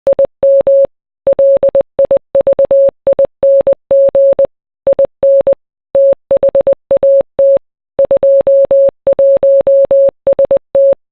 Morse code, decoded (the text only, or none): IM LIVING IN THAT 21ST